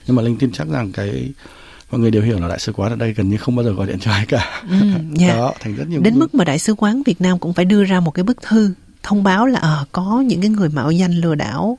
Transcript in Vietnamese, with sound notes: Nhưng mà Linh tin chắc rằng cái mọi người đều hiểu là Đại sứ quán ở đây gần như không bao giờ gọi điện cho ai cả [tiếng cười] Đến mức mà Đại sứ quán Việt Nam cũng phải đưa ra một bức thư thông báo là ờ, có những cái người mạo danh lừa đảo.